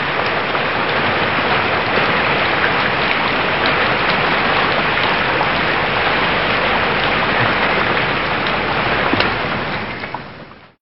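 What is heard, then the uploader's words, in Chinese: Moderate rain falls over open fields, a dense, steady hiss of countless drops with no pauses. Occasional slightly sharper drop hits stand out from the wash, and the sound stays even until it tapers off in the final second. 田野下中雨。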